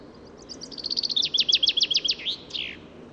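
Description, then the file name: Common chaffinch song: high notes quickening into a rattling trill of strong repeated notes, closing with two slurred downward flourishes. "Fringilla coelebs"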